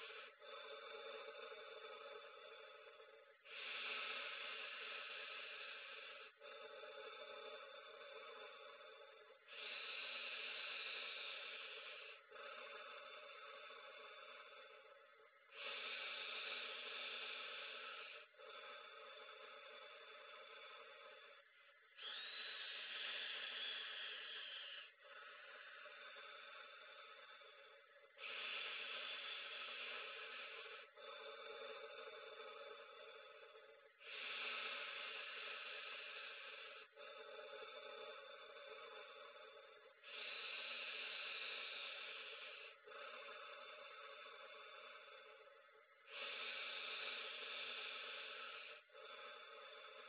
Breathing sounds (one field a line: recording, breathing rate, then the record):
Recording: paced breathing near a phone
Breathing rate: 10 breaths a minute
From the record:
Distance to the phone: 40 cm